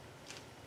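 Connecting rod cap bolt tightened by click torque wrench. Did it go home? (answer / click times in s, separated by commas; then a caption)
yes / 0.3 s. A click-type torque wrench tightens a connecting rod cap bolt until it breaks over at its set torque. A short, sharp click is heard at 0.3 s over a low, steady background hum. The wrench reaches its setting, confirming the bolt is torqued.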